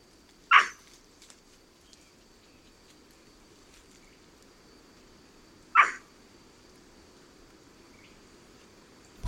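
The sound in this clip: White-throated capuchin uttering two sharp, harsh bark calls about five seconds apart, with quiet steady background hiss between them.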